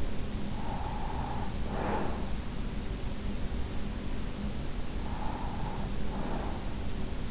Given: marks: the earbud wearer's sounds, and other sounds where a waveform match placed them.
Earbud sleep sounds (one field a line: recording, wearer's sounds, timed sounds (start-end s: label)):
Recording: sounds in sleep by an in-ear microphone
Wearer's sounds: breath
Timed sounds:
0.00-2.54 s: breath
4.66-6.97 s: breath